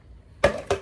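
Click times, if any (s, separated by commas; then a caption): none. A plastic lid is pressed onto a food storage container, making two short knocks at about 0.4 s and 0.7 s. The lid still does not latch, and nothing has clicked or locked into place.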